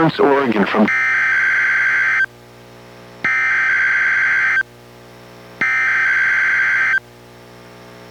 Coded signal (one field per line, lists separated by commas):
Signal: Emergency Alert System (SAME) tones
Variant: header bursts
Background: speech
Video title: EAS #933: NWR Required Weekly Test- May 22, 2024- 11:06AM PDT